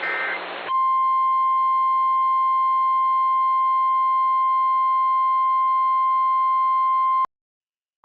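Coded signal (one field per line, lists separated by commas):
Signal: Emergency Alert System (SAME) tones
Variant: 1050 Hz attention tone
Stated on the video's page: Real EAS alerts, mostly severe thunderstorm warnings.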